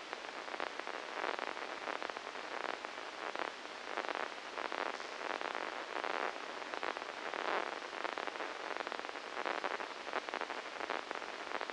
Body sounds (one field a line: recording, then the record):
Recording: brain microelectrode recording played as sound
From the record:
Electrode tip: inside the subthalamic nucleus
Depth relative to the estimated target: -3 mm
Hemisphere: left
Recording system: NeuroSet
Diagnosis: Parkinson's disease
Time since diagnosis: 9 years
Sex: female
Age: 51 years